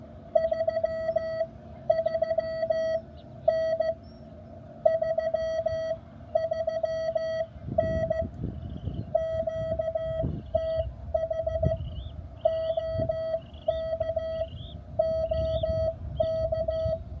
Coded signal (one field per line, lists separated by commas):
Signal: Morse code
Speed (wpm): 15 wpm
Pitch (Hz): 1300 Hz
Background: none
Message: 33N 33N QTH OK OK